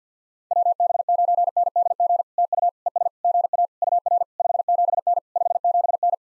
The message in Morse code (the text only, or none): WB9NDG TU ES GA UR 57N 57N